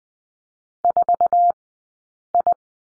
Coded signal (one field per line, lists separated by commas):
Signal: Morse code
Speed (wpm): 20 wpm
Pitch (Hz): 700 Hz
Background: none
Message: 4I